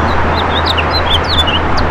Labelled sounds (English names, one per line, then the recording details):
House Finch song
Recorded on Long Island, New York, on 14 June 2012
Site CH
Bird B